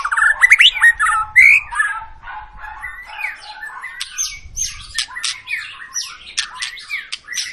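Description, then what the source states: White-rumped shama: songbird in full song, loud rising whistles and squeaky notes at the start, then continuous rapid chatter and harsh scratchy notes. Long lure song of an actively singing (gacor) white-rumped shama, played to prompt other birds to sing.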